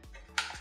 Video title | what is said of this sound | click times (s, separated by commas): Nie wyrywaj zaparzacza na siłę - ekspres #Saeco Moltio - naprawiamy - serwis Coffee Doctor | Each of these wires has to be snapped in place. | 0.4 s